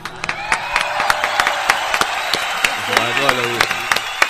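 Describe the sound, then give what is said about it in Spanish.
A steady patter of applause for a singer after a song, many sharp claps overlapping in an uneven rhythm, with voices calling out and talking underneath partway through. “No, no se está escuchando, no escucha los aplausos, nada.”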